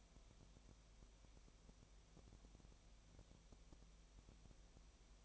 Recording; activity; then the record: daily activity, microphone in the room; no activity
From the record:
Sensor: 1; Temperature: 19.7 degrees Celsius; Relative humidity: 37.1%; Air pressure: 1007.3 hPa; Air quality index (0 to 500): 144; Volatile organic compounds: 5 ppm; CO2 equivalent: 1763 ppm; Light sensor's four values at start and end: 1/2/1/1 and 1/2/1/1